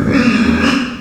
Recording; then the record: squeal of a Yucatan mini pig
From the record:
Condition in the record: after surgery on the right vocal fold (resection and tissue-engineered implant); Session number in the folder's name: 9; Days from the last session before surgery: 65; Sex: female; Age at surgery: 19 weeks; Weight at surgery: 25 kg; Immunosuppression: prednisolone